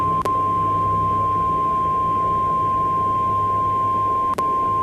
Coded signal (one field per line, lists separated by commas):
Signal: Emergency Alert System (SAME) tones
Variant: 1050 Hz attention tone